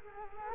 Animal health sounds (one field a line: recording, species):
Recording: mosquito wingbeat signal from an infrared sensor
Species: Culex quinquefasciatus